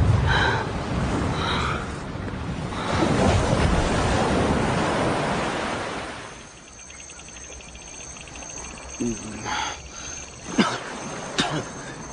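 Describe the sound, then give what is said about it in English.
Loud, rushing sea surf washes over a barren shore bounded by forest and steep hills for about six seconds, then recedes into a softer hiss as steady high-pitched crickets and insects take over, with a few sharp clicks. “I must get out of the water.”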